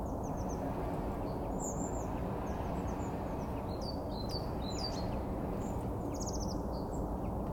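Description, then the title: Birds chirping with short high slurred notes and a quick rattling trill near the end, over persistent low-frequency noise. Several birds; filmed with a Sony A7 IV camera and 70-300G lens. "Some Birds"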